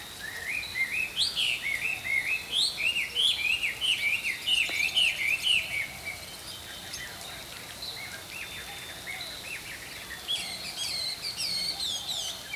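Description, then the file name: Songbirds singing: a lively run of bright, rising chirped phrases in the first six seconds, then fainter trills and twittering over a soft background hiss. Early morning. "Healing Power Natural Sounds Oasis - Early Morning Songbirds"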